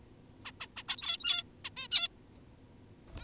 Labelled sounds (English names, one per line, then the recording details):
Zebra Finch
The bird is an adult
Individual g17y2U